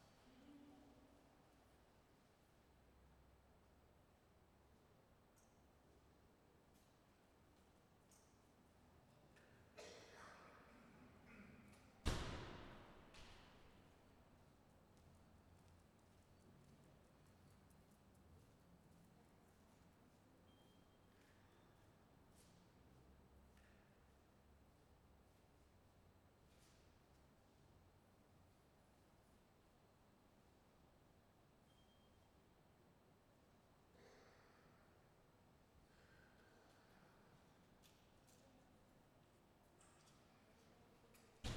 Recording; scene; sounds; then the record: everyday scene through a hearing-aid microphone; reverberant space; background noise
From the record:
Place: railway station hall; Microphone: behind the ear, left, rear